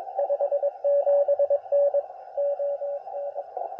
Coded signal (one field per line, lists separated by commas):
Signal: Morse code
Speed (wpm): 21 wpm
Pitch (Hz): 570 Hz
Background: radio noise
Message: 57N ON